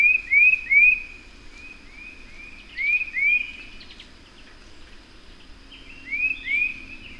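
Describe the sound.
Bird giving upslurred whistles in three groups, bright notes trailing into softer repeats, with a steady faint hiss behind.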